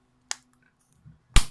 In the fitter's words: Make sure you hear a click.